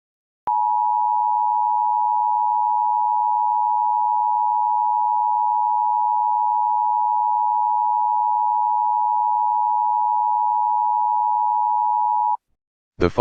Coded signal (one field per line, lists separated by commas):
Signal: Emergency Alert System (SAME) tones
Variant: 853 and 960 Hz attention tone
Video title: EAS Scenario #4: Elmo The Killer (ReUpload)